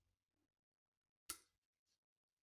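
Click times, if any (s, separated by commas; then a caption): 1.3 s. With its seal fitted first, the hose from the brake fluid reservoir is pushed onto the new clutch master cylinder of a Škoda Superb 2 with a CBBB engine. A single sharp click sounds at 1.3 s and decays within about a quarter second, with only faint small sounds around it. The hose is seated.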